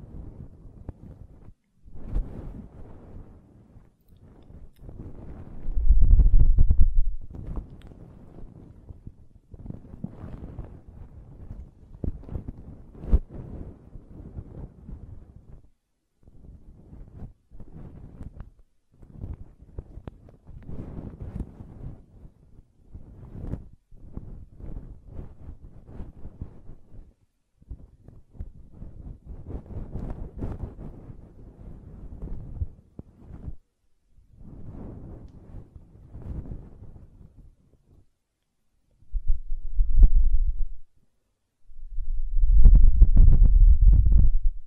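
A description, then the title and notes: Ear cleaning and blowing, heard as a run of soft, muffled rubbing and scraping bursts that come and go irregularly, mostly low and dull with brief brighter scratches. Heavier, louder low rumbles like blowing push in around six seconds and again near forty and forty-three. ASMR Ear Cleaning and Blowing (No Talking).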